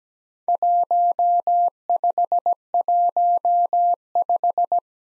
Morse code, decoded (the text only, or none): 1515